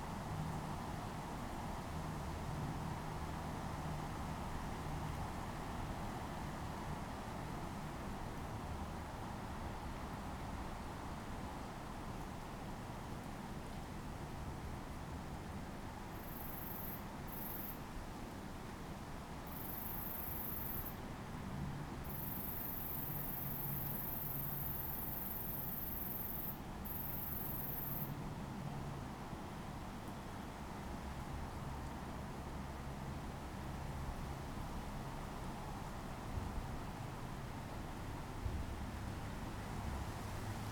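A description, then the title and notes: Steady rain falls throughout, a dense, even hiss, while a low rumble from a distant train runs underneath, swelling and easing slightly over time. A thin, high whine comes and goes between about sixteen and twenty-eight seconds, broken into short bursts. Rain and Distant Train in Bunnadoon, New South Wales, Australia. It's night time in the tiny village of Bunnadoon, nestled in the hills of the Southern Highlands. The rain has come, and in the far distance the haunting sound of a freight train.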